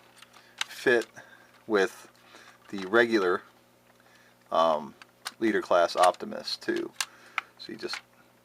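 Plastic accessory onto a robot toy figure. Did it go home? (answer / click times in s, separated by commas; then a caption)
no / none. Someone talks while handling a plastic accessory piece that is being lined up to press onto a transforming robot toy figure, with small clicks and ticks of plastic around the speech, including a sharp tick at 0.6 s. The accessory is still being handled, and nothing has seated or popped on yet.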